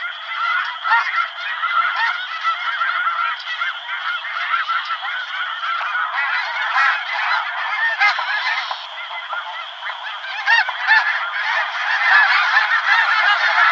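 Snow goose flock, a steady wall of rapid overlapping honks and yelps from many birds, with a constant high tone running underneath.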